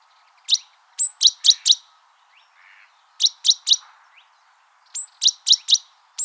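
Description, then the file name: Great tit calls: sharp, high chirps in quick bursts of three or four, often opened by a thin whistled note, with pauses of just over a second between bursts. "Parus major"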